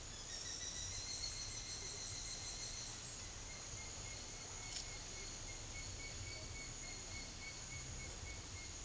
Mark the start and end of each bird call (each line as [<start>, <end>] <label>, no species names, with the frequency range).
[0.22, 2.85] bird call (2.7-4.5 kHz)